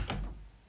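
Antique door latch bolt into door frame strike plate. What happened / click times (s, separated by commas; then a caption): The door latch caught in the strike / 0.1 s. After its latch spring is repaired, an antique door is closed and the old metal latch bolt snaps into the door frame's strike plate with a single sharp click at 0.1 s. The low rumble of the door closing fades quickly afterward, and the latch catches and seats in the strike.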